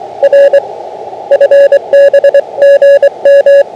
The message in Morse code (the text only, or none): R FB GM